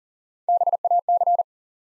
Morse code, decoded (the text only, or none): BAC